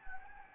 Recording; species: mosquito wingbeat signal from an infrared sensor; Anopheles gambiae